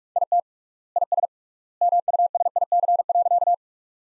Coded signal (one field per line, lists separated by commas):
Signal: Morse code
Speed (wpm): 41 wpm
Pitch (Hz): 700 Hz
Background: none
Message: IT IS MUSIC.